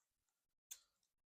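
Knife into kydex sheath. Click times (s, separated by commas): 0.7 s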